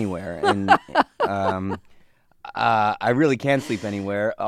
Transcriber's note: soundbite of laughter